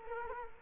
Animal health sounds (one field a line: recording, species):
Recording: mosquito wingbeat signal from an infrared sensor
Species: Culex quinquefasciatus